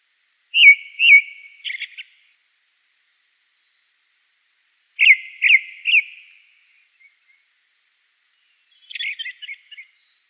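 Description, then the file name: Ring ouzel song: two clear whistled notes, a short harsh chattering burst, then three similar whistled notes trailing off, then a scratchy rattling phrase. "Drozd belozobyj"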